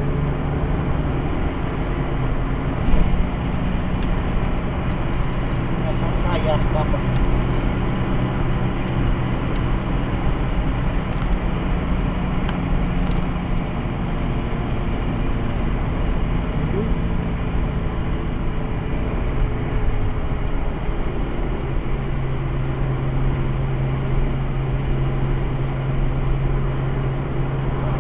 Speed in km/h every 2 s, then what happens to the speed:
94, 98, 100, 99, 97, 95, 92, 90, 88, 82, 81, 82, 82, 83.
0-5 speeds up to 100. 5-19 slows to 81. 19-28 steady at about 82.